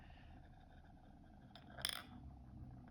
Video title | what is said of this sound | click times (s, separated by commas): 1896 Ball Puzzle | you kind of hear a click there. That means things are now locked in place. | 1.9 s